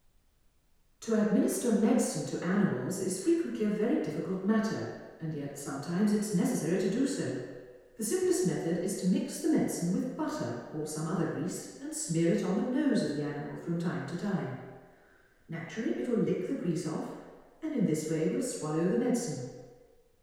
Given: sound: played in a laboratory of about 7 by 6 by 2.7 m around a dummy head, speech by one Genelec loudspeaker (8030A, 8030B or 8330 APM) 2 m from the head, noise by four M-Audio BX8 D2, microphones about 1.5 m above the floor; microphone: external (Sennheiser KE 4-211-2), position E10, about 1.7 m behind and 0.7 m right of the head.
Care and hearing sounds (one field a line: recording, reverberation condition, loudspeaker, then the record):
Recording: female speech in English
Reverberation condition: high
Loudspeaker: in front (0 degrees)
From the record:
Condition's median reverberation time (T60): about 1300 ms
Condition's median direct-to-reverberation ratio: about -4.0 dB